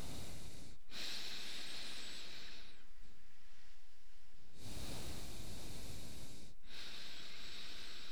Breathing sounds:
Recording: nose breathing near a microphone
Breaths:
0.00-0.84 s: exhalation
0.84-2.93 s: inhalation
4.20-6.67 s: exhalation
6.67-8.12 s: inhalation
From the record:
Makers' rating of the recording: medium

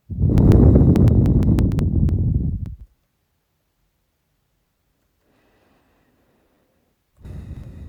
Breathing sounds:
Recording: nose breathing near a microphone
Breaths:
0.19-2.74 s: exhalation
4.90-6.97 s: inhalation
6.97-7.88 s: exhalation
From the record:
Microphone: phone

